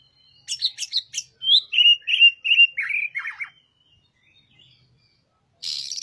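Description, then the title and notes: Oriental magpie-robin song: a burst of harsh buzzy notes, then a run of clear whistled phrases falling in pitch, a pause, and a final harsh rasp. Song of a kept master bird used for training other birds, described as singing loudly and persistently. "Suara Burung Kacer masteran. burung kacer gacor hebat"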